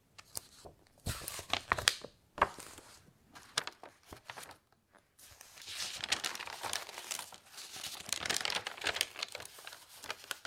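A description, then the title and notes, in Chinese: Paper sounds: crisp rustles and page-like flicks in short separate bursts during the first five seconds, with a sharp snap just after two seconds. From about five seconds on, a denser, steadier crinkling and scratching continues to the end. 纸音·写字音·翻书音。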